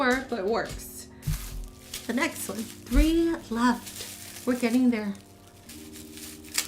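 A keychain piece is pushed back into place by hand on an acrylic keychain that has been unpacked from a crinkly plastic bag, while someone talks. Soft handling taps and crinkles are heard, with a sharper tick at the very end. Nothing has seated or snapped in yet.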